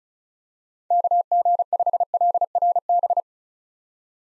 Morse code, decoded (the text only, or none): KG5LRB